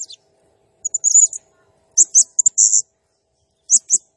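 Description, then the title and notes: Blue-crowned hanging parrot calls: high, shrill squeaks and buzzy chip runs in short clusters separated by brief silences. Singing energetically (gacor, nembak style); recording used as masteran (lure/training sound) for other birds. "Burung Serindit Nembak Gacor Bikin Emosi Semua Burung. Suara Nasteran Dan Pemikat Burung Serinditan Gacor"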